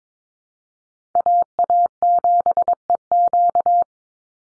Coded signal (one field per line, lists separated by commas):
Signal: Morse code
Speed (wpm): 22 wpm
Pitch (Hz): 700 Hz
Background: none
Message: AA7EQ